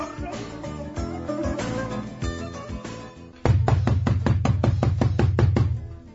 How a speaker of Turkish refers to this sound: Dur geliyorum. Kim bu ya, kapıyı kıracak neredeyse.